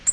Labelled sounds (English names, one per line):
Nashville Warbler flight call